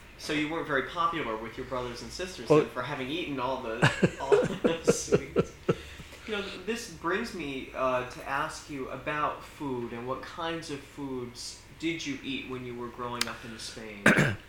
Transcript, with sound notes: So you weren't very popular with your brothers and sisters, then, for having eaten all the, all the good sweets. (laughs) You know, this brings me to ask you about food and what kinds of foods did you eat when you were growing up in Spain.